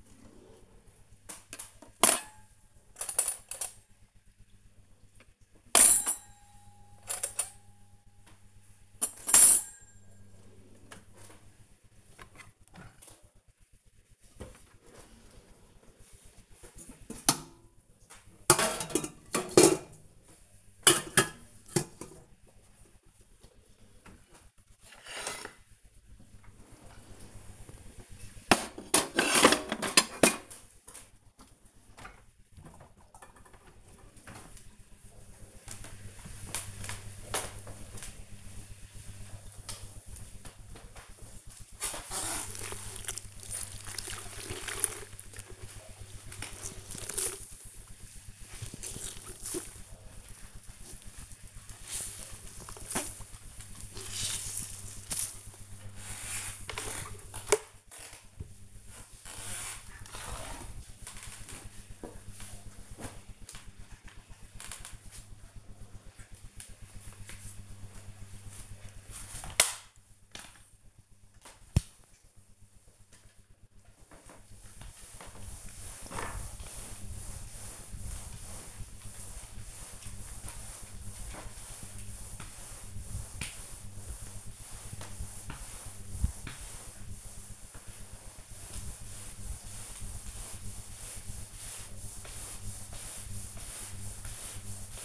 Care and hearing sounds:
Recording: household activities, microphone on the right wrist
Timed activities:
0.00-31.38 s: putting away the dishes
41.47-95.05 s: floor cleaning

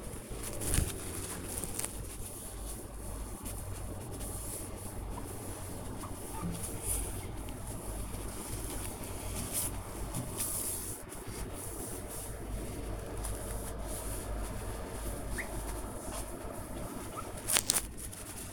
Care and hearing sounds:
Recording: household activities, microphone on the right wrist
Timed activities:
0.00-18.53 s: window cleaning

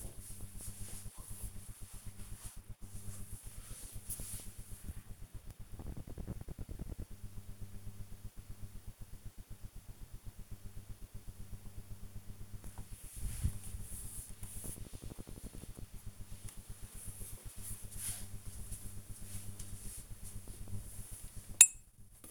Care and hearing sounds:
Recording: household activities, microphone on the right wrist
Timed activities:
none

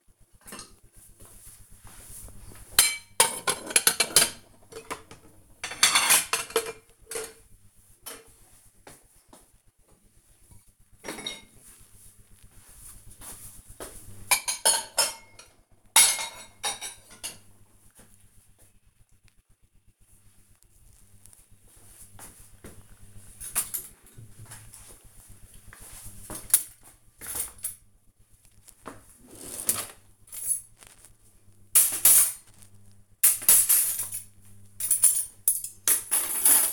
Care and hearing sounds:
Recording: household activities, microphone on the right wrist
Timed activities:
0.00-36.73 s: cleaning out the dishwasher

